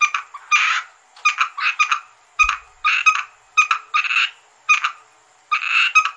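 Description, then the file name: Asian grass frog calls: short raspy, pulsed croaks in quick clusters of two or three, repeated irregularly throughout. "rana limnocharis yannick dauby gruenrekorder"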